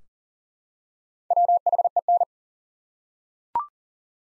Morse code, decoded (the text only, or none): WHEN